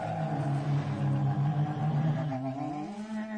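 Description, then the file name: Bear giving a deep, steady, harmonic moaning growl that holds level, then dips and trails off near the end, with a rough low rumble throughout. "Bear - Vocalizations"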